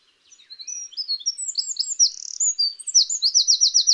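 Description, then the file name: Eurasian wren song rising from soft notes into a loud, hurried string of high twitters, ending in a quick, dry repeated trill. "Troglodytes troglodytes"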